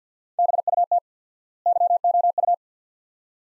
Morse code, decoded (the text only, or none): BUT YOU